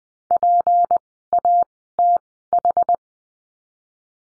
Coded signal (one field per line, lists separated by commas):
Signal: Morse code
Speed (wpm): 20 wpm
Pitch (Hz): 700 Hz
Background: none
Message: PATH